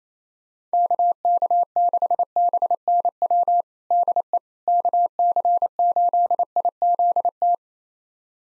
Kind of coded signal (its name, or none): Morse code